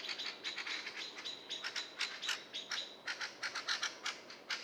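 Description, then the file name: Eurasian blackbird giving harsh, rattling clicks in a rapid, slightly irregular series over a hiss of background noise. "Turdus merula"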